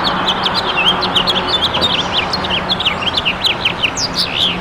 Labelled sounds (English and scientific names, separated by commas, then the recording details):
House Finch (Haemorhous mexicanus) song
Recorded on Long Island, New York, on 23 June 2012
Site AP
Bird C